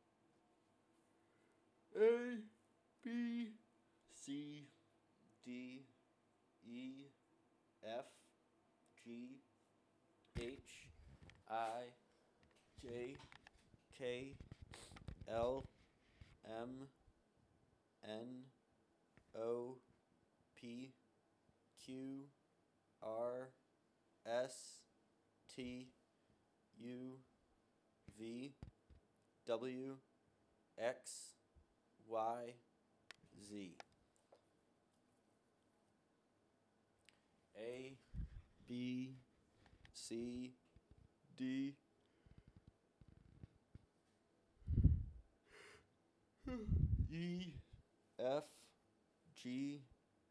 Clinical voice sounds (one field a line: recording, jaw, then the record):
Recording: letters of the alphabet, spoken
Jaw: free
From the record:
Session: seven days later